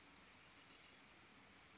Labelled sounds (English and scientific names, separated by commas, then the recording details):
Red-winged Blackbird (Agelaius phoeniceus)
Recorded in Sonoma County, California